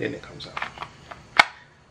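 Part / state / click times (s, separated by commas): pistol into hard-shell OWB holster / seated / 1.4 s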